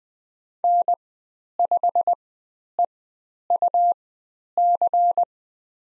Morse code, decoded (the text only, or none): N5EUC